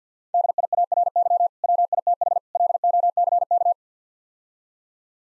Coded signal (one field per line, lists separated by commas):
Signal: Morse code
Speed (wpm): 50 wpm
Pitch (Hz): 700 Hz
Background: none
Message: DIARY WITH LOCK